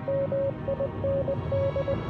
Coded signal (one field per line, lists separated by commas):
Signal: Morse code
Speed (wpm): 19 wpm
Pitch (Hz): 550 Hz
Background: music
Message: MIND